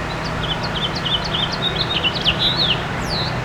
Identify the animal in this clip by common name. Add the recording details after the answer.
House Finch. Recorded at Bellport on Long Island, New York, on 21 June 2013. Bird E